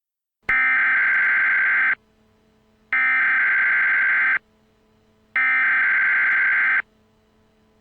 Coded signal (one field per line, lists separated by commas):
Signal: Emergency Alert System (SAME) tones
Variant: header bursts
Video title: 3 Days - An EAS Scenario